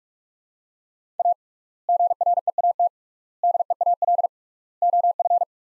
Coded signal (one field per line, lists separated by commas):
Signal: Morse code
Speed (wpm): 41 wpm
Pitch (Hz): 700 Hz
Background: none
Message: A GREAT DEAL OF